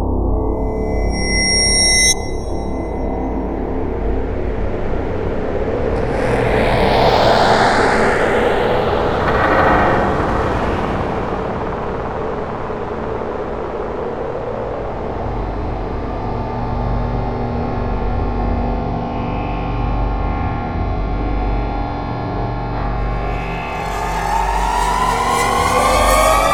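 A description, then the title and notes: A dark cinematic drone rumbles continuously, heavy in the low end and thick with grinding texture. Around six to ten seconds a swelling whoosh sweeps through, and near the end a bright rising tone climbs upward over the sustained rumble. Cinematic Trailer Sound Effects.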